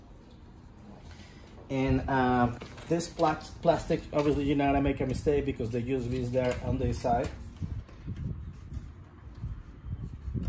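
Someone talks while handling the flexible plastic cover panel of an Asus AS G620AJ desktop PC case, getting ready to press it back over the drive area during an SSD replacement. Faint handling noises sit under the speech, and the panel has not clicked or seated yet by the end.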